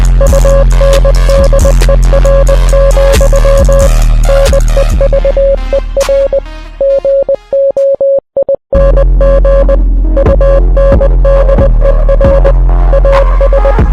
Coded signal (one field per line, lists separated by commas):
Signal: Morse code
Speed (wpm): 20 wpm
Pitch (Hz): 550 Hz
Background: music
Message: UNDER, NEVER GOING UNDER AS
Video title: I translated Head Up by The Score to morse code (DESC)